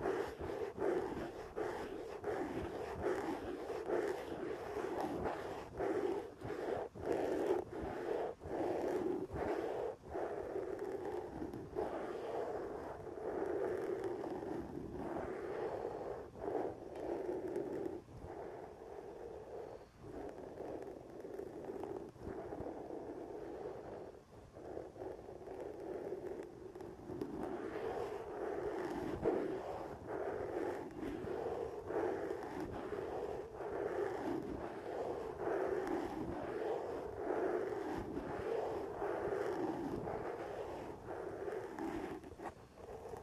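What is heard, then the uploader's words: Scratching on the elbow pad of an old sweater, a dense, steady rasp of fabric that runs without pause for the whole stretch. Quick, uneven strokes give it a fluttering texture, with a slight easing around the middle before it picks up again. Sounds like: having your shaved head rubbed in a circle, tracing a kneecap under leggings, scratching the elbow pad of an old sweater.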